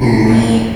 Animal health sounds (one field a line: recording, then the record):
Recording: squeal of a Yucatan mini pig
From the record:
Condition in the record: after surgery on the right vocal fold (resection and tissue-engineered implant)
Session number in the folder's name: 2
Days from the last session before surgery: 13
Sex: male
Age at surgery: 12 weeks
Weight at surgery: 13 kg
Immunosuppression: cyclosporine, prednisolone